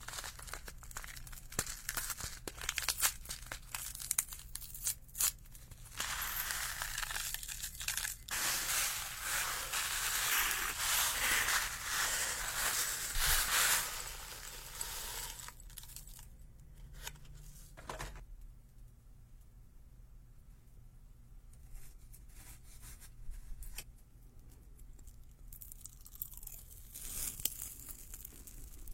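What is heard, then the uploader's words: Popping candy crackles, a dense, hissing fizz of tiny snaps that builds and stays busy for about fifteen seconds. It then thins out to scattered, sparse pops and ticks over a quiet low hum until the end. Jumping Stone Candy Party, 5D Ear Massage SPA.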